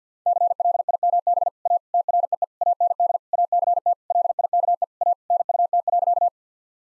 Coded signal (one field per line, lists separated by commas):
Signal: Morse code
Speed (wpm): 50 wpm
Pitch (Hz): 700 Hz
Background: none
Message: CLIMB A TREE AND ACT LIKE A NUT.